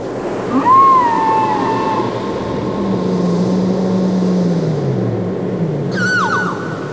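Whale song: a whistled rising and falling tone, a long low moan that slowly drops in pitch, then a quick series of descending cries, over constant watery hiss.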